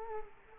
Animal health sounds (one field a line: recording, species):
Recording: mosquito wingbeat signal from an infrared sensor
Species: Culex quinquefasciatus